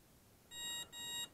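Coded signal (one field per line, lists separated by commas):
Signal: beep code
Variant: BLHeli ESC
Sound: two short buzzy electronic beeps in quick succession, same pitch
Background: quiet room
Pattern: 2 short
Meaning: Two beeps mark the timing mode menu item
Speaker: now we're that's timing Mode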